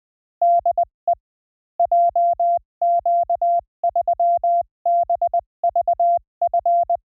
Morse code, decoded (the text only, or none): DE JQ3BVF